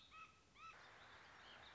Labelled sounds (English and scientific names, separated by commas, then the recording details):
Warbling Vireo (Vireo gilvus)
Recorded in Sonoma County, California